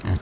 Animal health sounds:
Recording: contact call of a hoofed animal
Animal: wild boar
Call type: grunt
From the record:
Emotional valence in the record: positive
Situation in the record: food anticipation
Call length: 0.22 s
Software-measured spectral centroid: 2850 Hz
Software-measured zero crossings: 2130 a second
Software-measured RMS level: -24 dBFS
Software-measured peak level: -14 dBFS

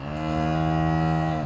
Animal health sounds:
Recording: contact call of a hoofed animal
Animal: cattle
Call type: low-frequency (closed-mouth) or high-frequency (open-mouth) call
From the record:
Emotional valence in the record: negative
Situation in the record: full separation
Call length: 1.46 s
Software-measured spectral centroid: 1520 Hz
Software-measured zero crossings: 1200 a second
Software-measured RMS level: -24 dBFS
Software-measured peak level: -12 dBFS

